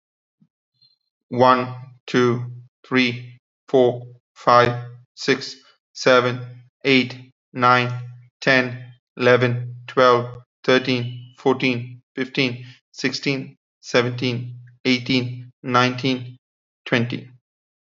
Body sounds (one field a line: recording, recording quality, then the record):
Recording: counting at a normal pace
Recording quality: excellent, no background noise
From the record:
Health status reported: healthy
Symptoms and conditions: diabetes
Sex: male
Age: 36 years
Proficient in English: yes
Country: India